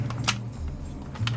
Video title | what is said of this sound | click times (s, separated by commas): HESS Christmas Truck Collection HESS TRUCK and SPACE SHUTTLE with Satellite (1999) | and they kind of lock into place. | 0.3 s, 1.3 s